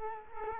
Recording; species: mosquito wingbeat signal from an infrared sensor; Culex quinquefasciatus